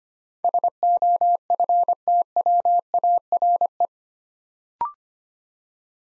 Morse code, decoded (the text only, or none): SOFTWARE